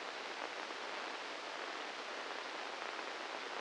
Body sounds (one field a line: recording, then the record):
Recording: brain microelectrode recording played as sound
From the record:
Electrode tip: inside the subthalamic nucleus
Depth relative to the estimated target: -3 mm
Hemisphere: left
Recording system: NeuroSet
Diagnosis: Parkinson's disease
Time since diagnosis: 10 years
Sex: male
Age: 56 years